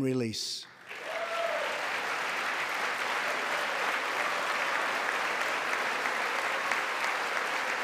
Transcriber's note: applause